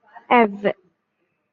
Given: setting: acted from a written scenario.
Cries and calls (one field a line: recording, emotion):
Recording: vocal sound without words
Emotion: awe